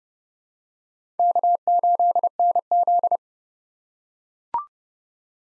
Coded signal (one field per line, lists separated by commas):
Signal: Morse code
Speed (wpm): 28 wpm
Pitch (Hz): 700 Hz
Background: none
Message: K8NZ